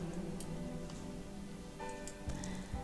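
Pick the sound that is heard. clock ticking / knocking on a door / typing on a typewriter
clock ticking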